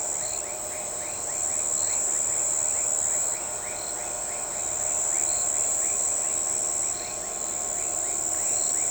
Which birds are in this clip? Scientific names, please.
none